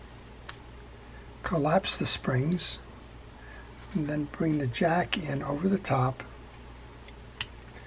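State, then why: Seated. Someone talks while a small metal level-wind jack is brought in over the top of the collapsed springs and yoke of a Penn Baymaster 160 fishing reel's level-wind and pressed down. A sharp, small metallic tick at 7.4 s marks the jack snapping into place, seated.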